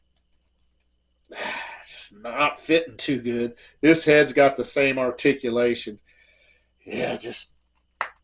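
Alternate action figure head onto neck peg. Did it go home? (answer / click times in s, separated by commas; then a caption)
yes / 8.0 s. Someone talks while pressing an alternate plastic head onto the neck peg of a Super7 Ultimates Cobra Trooper action figure. A sharp pop is heard at 8.0 s as the swap head seats onto the neck.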